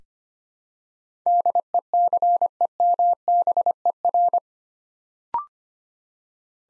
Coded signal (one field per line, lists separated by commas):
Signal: Morse code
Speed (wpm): 25 wpm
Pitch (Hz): 700 Hz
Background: none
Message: DECEMBER